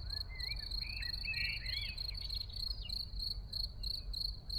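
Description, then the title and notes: Field cricket giving brisk, high chirps in a steady series, while a blackbird sings fluting, warbled phrases over a low background rumble. Early summer in the small village of Ettenkirch near Lake Constance, recorded over 14 years ago; blackbirds in background; recorded with Edirol R1 and OKM I. "Frühsommerszene in einem kleinen Dorf in der Nähe des Bodensees: Feldgrille, Amseln, Kirchenglocken, Stimmen und einige Autos im Hintergrund."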